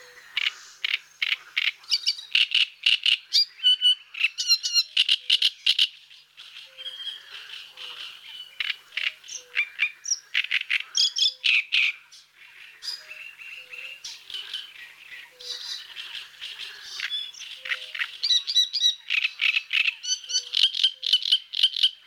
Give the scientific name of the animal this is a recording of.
Acrocephalus arundinaceus